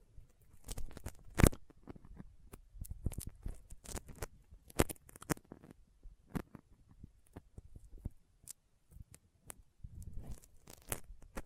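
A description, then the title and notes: Sticky fingers peel and tap in rapid, irregular clicks and crackles, with a sharp loud snap near 1.5 seconds and quieter stretches between bursts. ASMR Intense Sticky Finger Sounds (No Talking).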